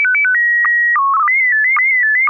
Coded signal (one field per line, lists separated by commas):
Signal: SSTV (slow-scan television)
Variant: PD 120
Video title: N6NA SSTV Net - 07/23/2025